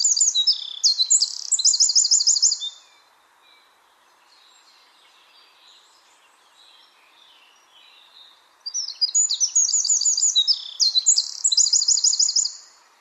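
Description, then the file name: Eurasian wren singing: an explosive, high, tumbling phrase of fast trills, a pause of several seconds, then a longer rattling, trilled song of about four seconds. "Troglodytes troglodytes"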